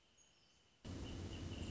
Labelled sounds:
Wrentit
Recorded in Sonoma County, California

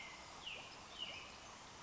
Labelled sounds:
American Robin
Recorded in Sonoma County, California

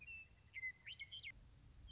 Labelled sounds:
Western Meadowlark
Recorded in Sonoma County, California

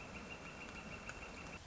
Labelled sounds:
Northern Flicker
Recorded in Sonoma County, California

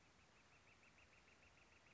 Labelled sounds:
Northern Flicker
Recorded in Sonoma County, California

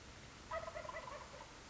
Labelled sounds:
Wild Turkey
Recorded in Sonoma County, California

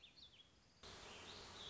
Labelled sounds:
Warbling Vireo
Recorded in Sonoma County, California

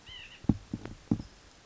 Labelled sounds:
White-breasted Nuthatch
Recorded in Sonoma County, California

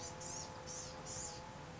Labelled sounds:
Blue-gray Gnatcatcher
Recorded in Sonoma County, California

